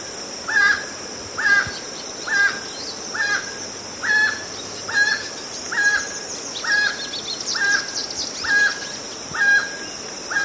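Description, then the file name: Emerald toucanet giving a steady series of raspy croaking notes about once per second, over a continuous high drone and some faint high chirps. "Canto do tucaninho verde"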